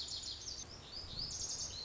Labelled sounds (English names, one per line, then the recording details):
Lazuli Bunting
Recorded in Sonoma County, California